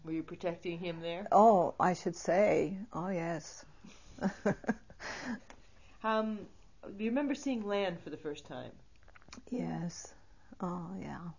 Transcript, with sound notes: Were you protecting him there?
Oh, I should say. Oh, yes. ( she laughs )
Do you remember seeing land for the first time?
Yes, oh, yeah.